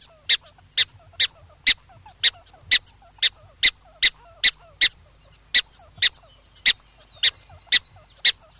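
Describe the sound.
Black-tailed prairie dog making short, piercing chirp-barks in a long, irregular series.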